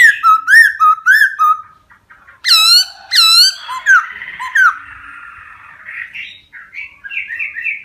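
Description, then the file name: Laughingthrush song of loud arched whistles and slurred notes, followed by softer, rambling warbled phrases at a quieter level. Song in the 'wild voice' (giọng rừng) style. "Tieng khuou hot giong rung"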